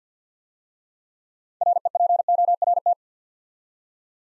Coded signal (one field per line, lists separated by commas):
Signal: Morse code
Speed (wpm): 47 wpm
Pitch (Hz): 700 Hz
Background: none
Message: REPORT